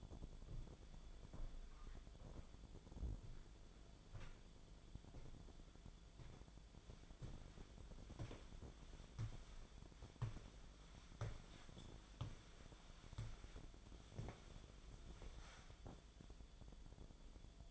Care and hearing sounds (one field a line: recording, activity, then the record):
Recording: daily activity, microphone in the room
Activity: walk to room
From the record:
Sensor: 5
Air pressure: 1010.1 hPa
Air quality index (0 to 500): 144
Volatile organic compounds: 3 ppm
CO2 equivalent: 1404 ppm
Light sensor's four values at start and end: 264/661/276/301 and 263/639/273/301